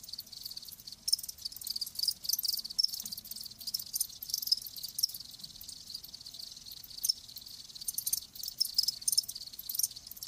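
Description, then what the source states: Crickets chirping in a continuous high trill with scattered louder pulses throughout. Live crickets chirping.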